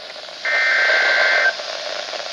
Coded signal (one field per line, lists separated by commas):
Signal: Emergency Alert System (SAME) tones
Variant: header bursts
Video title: Severe Thunderstorm Warning (EAS #1,914-1,915) - December 26, 2018